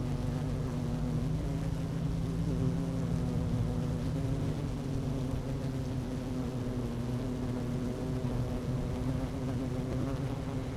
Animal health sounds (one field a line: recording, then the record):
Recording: honeybee colony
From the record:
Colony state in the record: active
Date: 12 June 2018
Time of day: 11:48